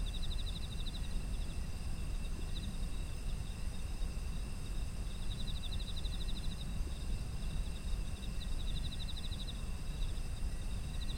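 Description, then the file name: Autumn insects keep up a sustained high-pitched hum, broken by frequent rattling pulsed trills throughout, with a steady low rumble underneath. Ambient environmental sound of insects in autumn. "秋の虫の環境音"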